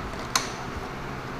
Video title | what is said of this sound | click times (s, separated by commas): Arkmodel German Type VII R/C Submarine Completed Overview | we heard a little click you can see that right down in here | 0.4 s